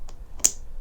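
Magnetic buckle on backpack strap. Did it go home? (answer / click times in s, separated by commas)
yes / 0.4 s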